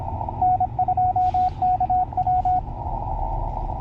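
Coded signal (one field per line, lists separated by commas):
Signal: Morse code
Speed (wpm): 26 wpm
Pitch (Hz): 740 Hz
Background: radio noise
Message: N2KW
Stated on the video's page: Mobile station comparing Yaesu ATAS 120 and Tarheel antennas while driving.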